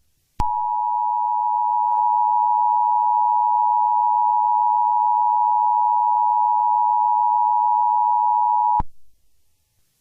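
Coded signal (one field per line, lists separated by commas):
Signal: Emergency Alert System (SAME) tones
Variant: 853 and 960 Hz attention tone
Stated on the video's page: National EAS test from a New York TV station.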